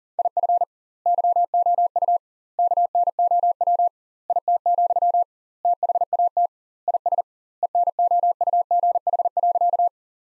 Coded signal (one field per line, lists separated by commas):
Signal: Morse code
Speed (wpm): 40 wpm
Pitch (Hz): 700 Hz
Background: none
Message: IF YOU KNOW IT, THAT IS ENOUGH.